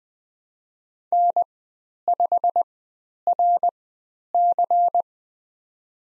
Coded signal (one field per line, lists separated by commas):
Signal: Morse code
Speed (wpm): 20 wpm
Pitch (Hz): 700 Hz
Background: none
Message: N5RC